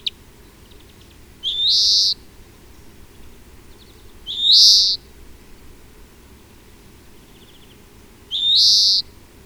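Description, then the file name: European greenfinch giving three long nasal wheezes, each rising and lasting under a second, with faint soft trills between. "Chloris chloris"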